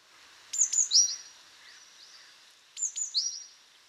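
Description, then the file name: Great tit call phrases, two high ticks and a slurred note, heard twice against steady background noise, with faint softer notes between them. "Parus major"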